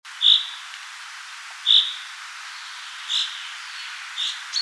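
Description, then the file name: Common chaffinch calls: several short, sharp high notes spaced about one to one and a half seconds apart, the later ones softer, over a faint steady hiss. "Fringilla coelebs"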